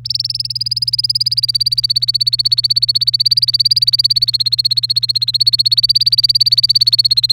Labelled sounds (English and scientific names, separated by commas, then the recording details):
Domestic Canary (Serinus canaria) song
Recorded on 1 May 2018 at 13:50
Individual llb3